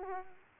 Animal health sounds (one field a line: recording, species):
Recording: mosquito wingbeat signal from an infrared sensor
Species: Aedes aegypti